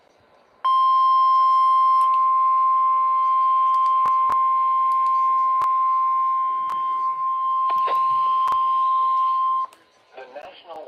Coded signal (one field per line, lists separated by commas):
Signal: Emergency Alert System (SAME) tones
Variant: 1050 Hz attention tone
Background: speech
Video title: EAS Severe Thunderstorm Warning (From LWX) 6/28/25 (Credit Goes To @SouthernPennsylvaniaWX)